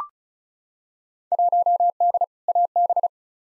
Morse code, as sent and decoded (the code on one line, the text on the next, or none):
.---- -.. / .- -...
1D AB